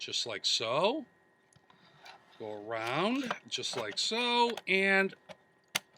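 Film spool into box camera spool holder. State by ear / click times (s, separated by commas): seated / 5.8 s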